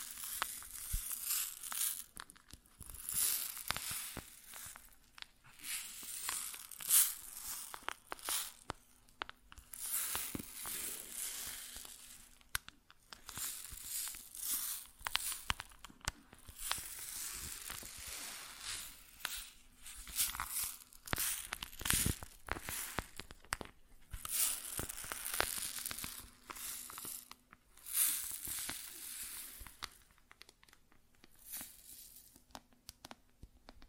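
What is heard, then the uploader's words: Grain sounds: a dense, hissing rustle of grains pouring and shifting, mostly bright and airy with little low end. It comes in bursts of several seconds separated by brief pauses, with scattered sharper ticks and crunches throughout and a faint low hum underneath. ASMR Grain Sounds (No Talking).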